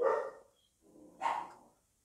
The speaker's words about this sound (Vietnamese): Ví dụ bây giờ mình nghe cái tiếng chó sủa thì mình biết à, đó là đứa nào nó đi về tối, nó ở dưới núi, nó chạy xe nó lên, rồi con chó nó sủa, hoặc là một đứa nào nó ở trên kia, nó đi về, nó đi ngang đó.